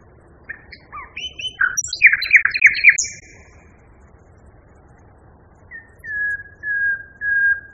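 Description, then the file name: Common nightingale song: a rich burst of mixed chirps and trills, a pause, then a short note and three long, even whistled notes in a row. Song variation. "kicauan nightingale b variasi. omkicau"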